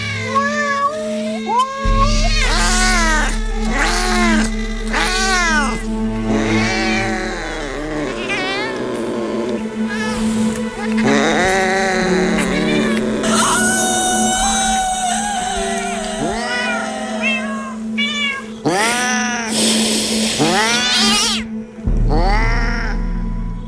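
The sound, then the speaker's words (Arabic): Several angry cats in a bathroom yowl and caterwaul in long, rising and falling wails that overlap one another, loud and continuous, with a steady low hum running underneath and no talking. “انا مش عارف ايه القطط دي منين، ولما حاولت اقرب بدات احس ان هم غضبوا.”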